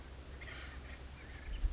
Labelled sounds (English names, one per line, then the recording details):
Acorn Woodpecker
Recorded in Sonoma County, California